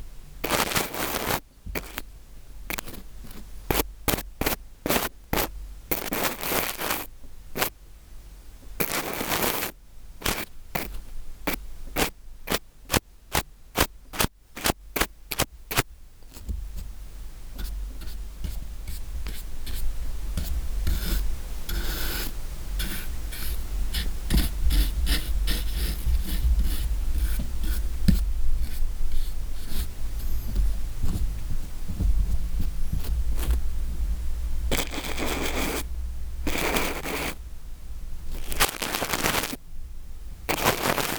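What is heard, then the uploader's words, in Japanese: Ear cleaning with a cotton swab and brush: sharp scratchy strokes in quick bursts, then a denser continuous rubbing from sixteen to thirty-five seconds. ザツな耳かき…3種の神器/綿棒/ブラシ。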